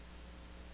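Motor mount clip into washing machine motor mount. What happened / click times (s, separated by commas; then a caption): The clip is being handled but has not snapped in yet / none. A front motor mount clip is handled against the motor mount of a Whirlpool washing machine motor, set in place and turned around before being pressed in the middle. Only steady broadband noise with a low hum is heard for 0.8 seconds. Nothing has seated or clicked yet.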